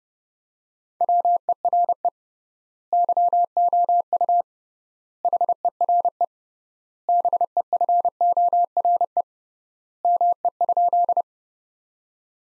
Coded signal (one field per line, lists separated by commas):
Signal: Morse code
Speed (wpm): 30 wpm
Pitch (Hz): 700 Hz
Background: none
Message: WERE YOU HERE BEFORE ME?